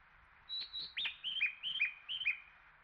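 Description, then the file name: Japanese bush warbler singing: a pair of thin high whistles, then a sharp downward-sweeping note and a few paired, downward-hooking whistled notes. "uguisu"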